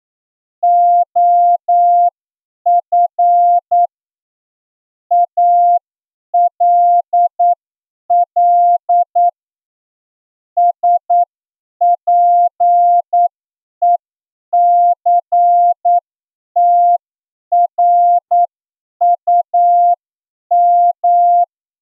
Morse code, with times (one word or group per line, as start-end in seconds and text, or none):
0.6-3.9 OF
5.1-9.3 ALL
10.6-21.4 SPECTRUM